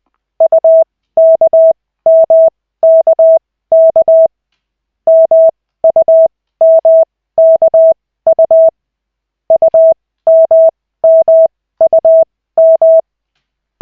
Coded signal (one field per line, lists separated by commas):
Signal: Morse code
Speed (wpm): 20 wpm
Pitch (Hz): 650 Hz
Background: none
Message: UKMKK MUMKU UMMUM